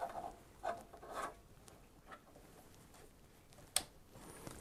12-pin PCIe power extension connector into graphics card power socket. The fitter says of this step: and that snapped into place very nicely indeed so I'm going to Cable manage this in now just tuck all these cables back in underneath